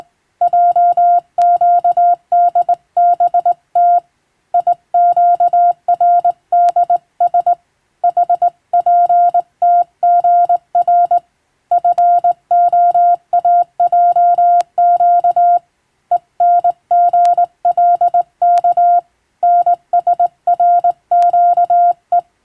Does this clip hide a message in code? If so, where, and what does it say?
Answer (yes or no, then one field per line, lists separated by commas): yes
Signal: Morse code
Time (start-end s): 0.4-22.2 s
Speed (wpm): 20 wpm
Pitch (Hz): 700 Hz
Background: none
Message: JQDBT IQRDS HPTGR FOAJQ ENGLK NSRQE